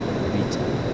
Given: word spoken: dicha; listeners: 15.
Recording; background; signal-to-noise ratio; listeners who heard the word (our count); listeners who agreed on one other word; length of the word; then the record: one Spanish word in noise, from a listening test; speech-shaped noise; -7.0 dB; 1 of 15; 6 of 15; 0.54 s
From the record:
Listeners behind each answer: 6, 2, 2, 2, 1, 1, 1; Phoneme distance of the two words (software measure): 10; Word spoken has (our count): 2 syllables, 4 phonemes, stress on syllable 1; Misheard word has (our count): 2 syllables, 4 phonemes, stress on syllable 1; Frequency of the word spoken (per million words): 76.42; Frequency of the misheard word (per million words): 10.69